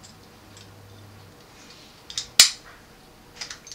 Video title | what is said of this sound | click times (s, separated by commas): RAT WORX MRX Assembly | it'll just snap right in place there | 2.4 s